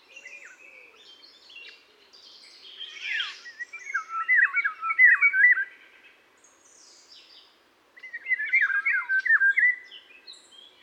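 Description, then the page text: European golden oriole giving harsh, grating squawks in two loud bursts of rapid, rasping notes separated by a lull, with softer chatter before. Nominate subspecies; a family on post-breeding dispersal in an urban park in southern Leipzig, Germany; recorded 12 July 2008. "080712, European Golden Oriole Oriolus o. oriolus, Leipzig, Germany"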